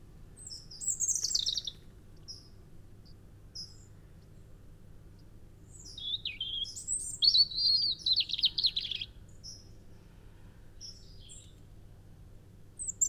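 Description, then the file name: European robin song in separate short bursts: a high thin phrase, a long pause, then a richer warbled, tinkling phrase, and faint high notes after. "Erithacus rubecula"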